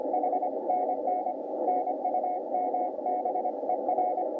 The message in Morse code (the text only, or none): HNN NUMBER